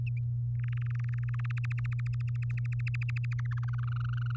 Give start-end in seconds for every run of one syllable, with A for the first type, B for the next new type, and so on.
0.59-3.46 A, 3.51-4.36 B